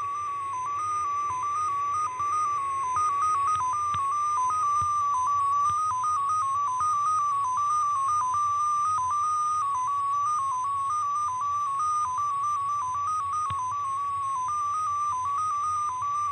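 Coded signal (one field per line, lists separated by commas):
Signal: numbers station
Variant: XPA2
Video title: 16147kHz USB BIG Message from Russian Number Station XPA2 02 05 2024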